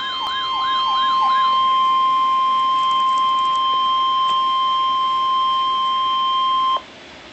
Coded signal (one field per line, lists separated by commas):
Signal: Emergency Alert System (SAME) tones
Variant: 1050 Hz attention tone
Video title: NOAA Weather Radio - EAS #237 & 238 - Flash Flood Warning & Severe Thunderstorm Warning - 7/25/12